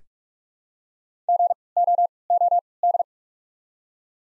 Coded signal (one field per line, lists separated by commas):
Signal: Morse code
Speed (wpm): 46 wpm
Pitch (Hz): 700 Hz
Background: none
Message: GOOD